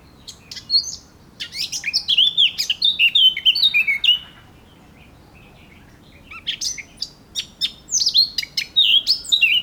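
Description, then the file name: Eurasian blackcap with two lively warbled phrases of mixed chirps and fluty downslurred notes, a quiet gap of about two seconds between them. "Sylvia atricapilla"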